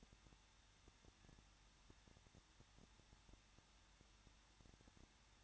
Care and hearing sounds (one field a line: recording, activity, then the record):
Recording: daily activity, microphone in the room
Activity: no activity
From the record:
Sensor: 3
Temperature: 21.2 degrees Celsius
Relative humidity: 36.3%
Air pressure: 1006.3 hPa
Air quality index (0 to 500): 222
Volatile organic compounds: 41 ppm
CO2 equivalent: 3164 ppm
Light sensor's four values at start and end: 2/3/2/2 and 2/3/2/2